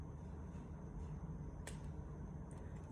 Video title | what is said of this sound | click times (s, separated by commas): Egg Donation Process | And for this, I just insert it in here until it clicks. | 1.7 s